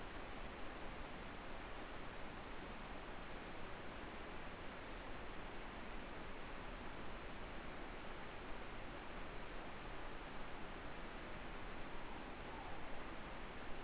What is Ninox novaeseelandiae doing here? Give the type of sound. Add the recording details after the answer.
more-pork call. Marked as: faintness 5/5. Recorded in New Zealand. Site Eglinton